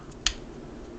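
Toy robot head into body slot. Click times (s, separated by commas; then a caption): 0.3 s. While transforming a plastic toy robot figure, its head is brought through a large open slot in the body and pushed until it clicks into position. A single sharp snap is heard at 0.3 s over a low, quiet background. The head joint is seated in place.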